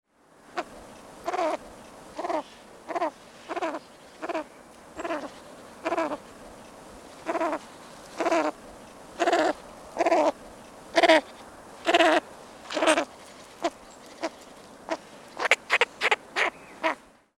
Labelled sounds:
Cabot's Tragopan

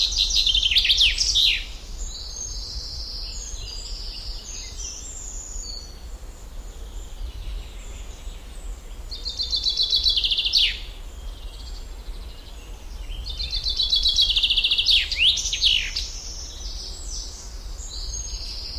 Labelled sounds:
Common Chaffinch song

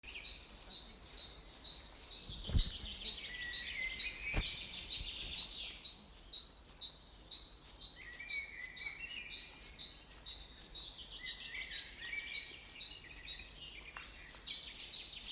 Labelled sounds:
Great Tit

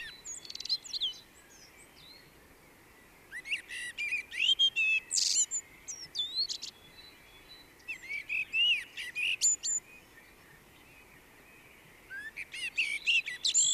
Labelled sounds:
Common Blackbird song

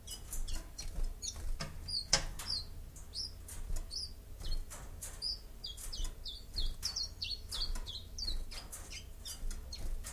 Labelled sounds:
Common Chiffchaff song

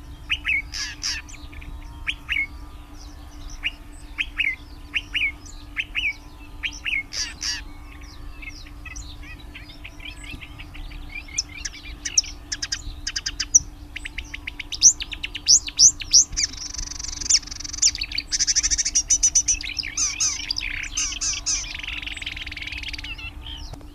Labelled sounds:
Marsh Warbler song

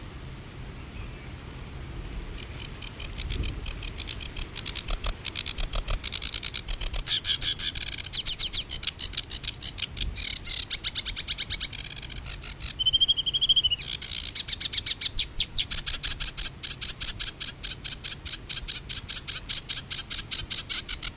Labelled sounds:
Sedge Warbler song

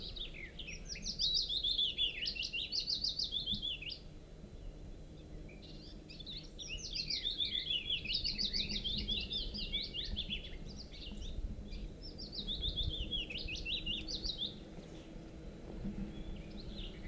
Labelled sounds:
Willow Warbler

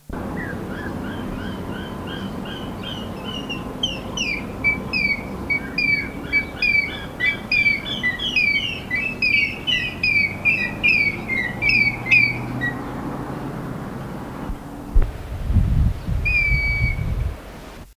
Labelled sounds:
African Gray Hornbill call

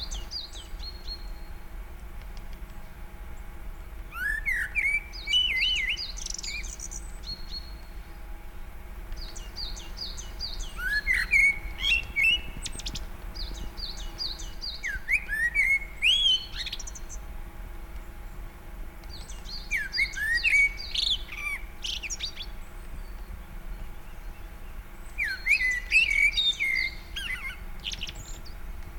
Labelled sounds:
Common Blackbird

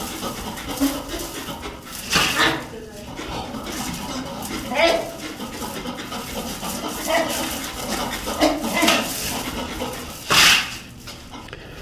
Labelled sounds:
Indian Crested Porcupine call

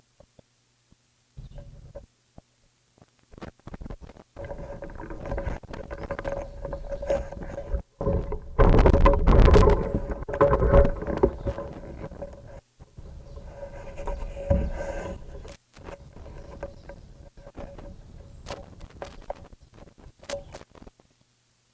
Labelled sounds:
Canary Islands Chiffchaff

